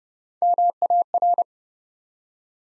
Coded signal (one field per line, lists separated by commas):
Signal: Morse code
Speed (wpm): 30 wpm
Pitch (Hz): 700 Hz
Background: none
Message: MAR